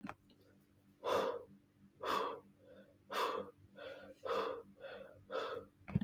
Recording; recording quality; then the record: shallow breathing; moderate, slight background noise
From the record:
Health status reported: recovered from COVID-19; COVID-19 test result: positive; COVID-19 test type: rapid antigen test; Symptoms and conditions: sore throat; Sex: male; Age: 25 years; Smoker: no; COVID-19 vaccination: both doses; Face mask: not worn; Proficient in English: yes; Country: India